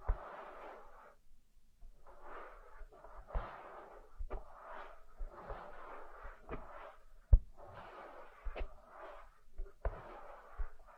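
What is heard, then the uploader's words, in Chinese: Ear massage: soft rubbing and brushing strokes come in bursts of roughly one to two seconds, separated by short pauses. Sharp taps and clicks cut through now and then, with a loud knock near seven seconds, over a faint low rumble. 按摩耳朵，一些让人放松的声音。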